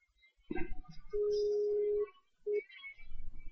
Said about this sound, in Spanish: Ahora está sonando el teléfono.